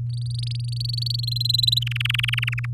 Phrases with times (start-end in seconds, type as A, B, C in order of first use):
0.10-1.16 A, 1.19-1.83 B, 1.86-2.65 C